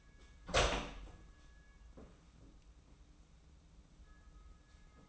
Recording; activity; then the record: daily activity, microphone in the room; open door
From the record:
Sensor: 1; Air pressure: 994.4 hPa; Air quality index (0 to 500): 215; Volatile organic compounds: 1000 ppm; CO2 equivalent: 7728 ppm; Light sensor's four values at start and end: 100/226/102/112 and 102/228/103/113